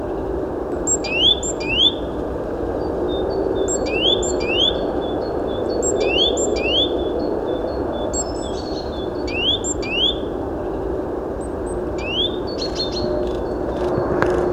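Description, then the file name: Great tit: a thin high note followed by rising slurs, the phrase repeated several times over a steady low background rumble. "Parus major"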